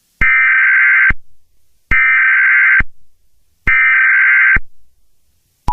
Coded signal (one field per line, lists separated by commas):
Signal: Emergency Alert System (SAME) tones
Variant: header bursts